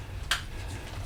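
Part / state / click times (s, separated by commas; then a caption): wiring harness connector into engine coolant temperature sensor / seated / 0.3 s. A wiring harness connector is pushed onto the engine coolant temperature sensor at the far back of a 3.4 engine being installed in a 1994 Toyota Pickup. A single sharp click is heard at 0.3 s over a low steady hum. The connector is seated.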